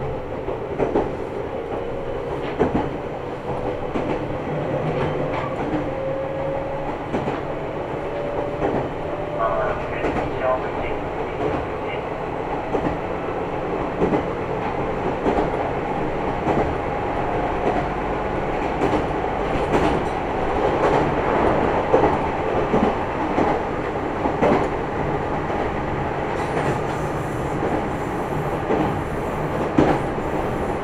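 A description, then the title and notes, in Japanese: A local train on the Meitetsu Nishio Line runs from Yonezu toward Kira-Yoshida, a steady rumble of the moving car with a dense, continuous roar. Rhythmic clacks of wheels over rail joints recur every second or two, and a faint whining tone rises and falls early on. 名鉄西尾線 普通 米津→吉良吉田。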